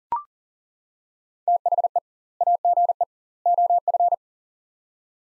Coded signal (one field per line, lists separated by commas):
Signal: Morse code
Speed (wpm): 40 wpm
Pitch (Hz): 700 Hz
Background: none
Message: THE AGE OF